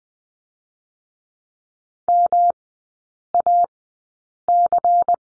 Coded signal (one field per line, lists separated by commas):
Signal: Morse code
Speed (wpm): 20 wpm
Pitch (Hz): 700 Hz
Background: none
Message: MAC